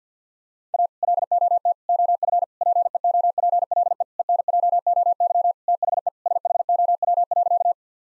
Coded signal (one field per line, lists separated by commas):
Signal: Morse code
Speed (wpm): 50 wpm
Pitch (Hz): 700 Hz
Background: none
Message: A LOT OF PEOPLE ENJOY THE SHOW.